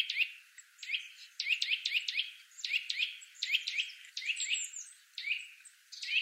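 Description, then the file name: Eurasian nuthatch calls: short, upward-hooked whistled notes, given singly and in quick pairs or triplets, repeated irregularly throughout. "Sitta europaea"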